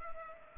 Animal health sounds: mosquito wingbeat signal from an infrared sensor; Culex pipiens

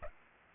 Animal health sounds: mosquito wingbeat signal from an infrared sensor; Aedes aegypti

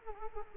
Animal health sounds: mosquito wingbeat signal from an infrared sensor; Culex quinquefasciatus

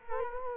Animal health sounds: mosquito wingbeat signal from an infrared sensor; Culex quinquefasciatus

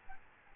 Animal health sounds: mosquito wingbeat signal from an infrared sensor; Aedes albopictus

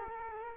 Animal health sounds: mosquito wingbeat signal from an infrared sensor; Culex quinquefasciatus

